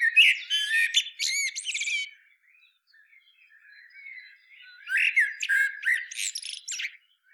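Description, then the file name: Common blackbird song: two phrases, each a low fluted warble breaking into a high, squeaky twitter, separated by a quiet pause with faint soft notes. "Turdus merula"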